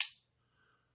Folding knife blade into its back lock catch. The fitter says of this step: attaches to you can hear it snap into place right